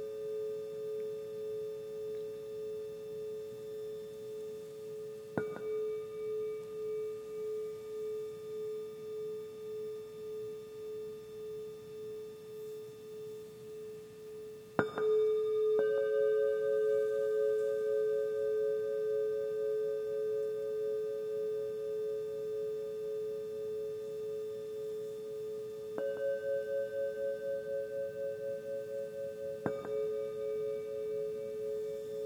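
Crystal and Tibetan bowls ring in long, steady tones, their sustained hum gently pulsing. Fresh strikes land around 5, 15, 26 and 30 seconds, each adding a brighter layer over the ongoing drone before slowly fading back into the shimmering wash.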